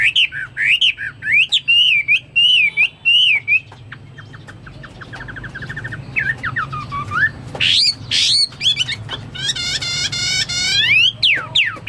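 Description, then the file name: Chinese hwamei song: repeated looping whistles, a quieter stretch, then falling slurs and a fast rattling trill of stacked notes. "omkicau hwamei"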